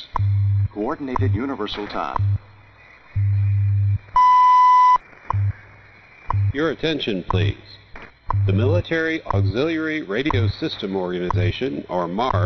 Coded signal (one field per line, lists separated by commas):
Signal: radio time signal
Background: speech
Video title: WWV Time Signal Station 10 MHz - Fort Collins CO 'USA' - 2021-11-14